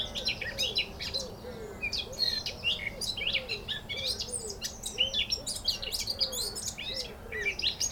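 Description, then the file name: Eurasian blackcap song, busy, high warbled phrases mixing rasping and clear notes, with a soft, low, rhythmic series of hooting notes repeating underneath. "Sylvia atricapilla"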